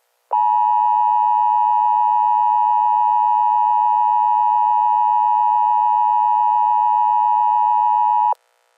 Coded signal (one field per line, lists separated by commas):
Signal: Emergency Alert System (SAME) tones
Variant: 853 and 960 Hz attention tone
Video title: Godzilla versus Godzilla blood path holiday special(eas scenario)